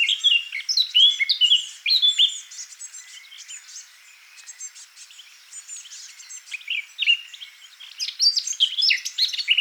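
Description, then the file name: Eurasian blackcap song: a loud phrase of rich, rapid warbling, a quieter spell of faint ticking chatter, then another vigorous warble. "Sylvia atricapilla"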